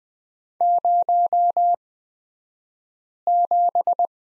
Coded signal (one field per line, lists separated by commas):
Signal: Morse code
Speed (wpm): 20 wpm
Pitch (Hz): 700 Hz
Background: none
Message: 07